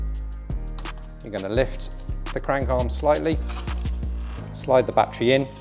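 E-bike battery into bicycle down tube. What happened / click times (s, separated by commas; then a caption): The battery is being handled but has not latched yet / none. A Bosch Smart System battery is slid into the down tube of a Whyte electric mountain bike, with the crank arm lifted slightly, over background music while someone talks. A few short, sharp handling taps are heard near the start and again around the 4-second mark. Nothing has seated or clicked into the rail yet.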